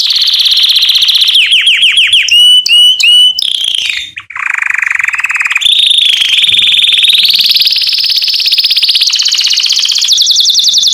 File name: Chant Canari Super Pour l'écolage des jeunes